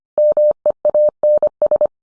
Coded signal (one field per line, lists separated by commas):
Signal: Morse code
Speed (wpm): 25 wpm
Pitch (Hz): 600 Hz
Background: none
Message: MEANS